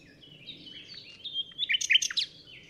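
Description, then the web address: Common nightingale singing a rich phrase of varied whistles and sharp chirps, starting softly then bursting into rapid loud notes, over a quiet background. "chant didier collin rossignol philomele"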